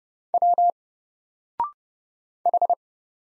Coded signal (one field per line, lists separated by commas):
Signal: Morse code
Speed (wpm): 30 wpm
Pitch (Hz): 700 Hz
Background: none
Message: W H